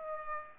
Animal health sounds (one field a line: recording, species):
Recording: mosquito wingbeat signal from an infrared sensor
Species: Aedes aegypti